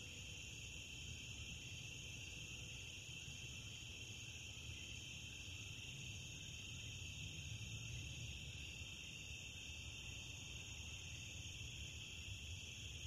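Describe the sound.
Cricket: steady, unbroken high-pitched trilling, with a low rumbling background throughout.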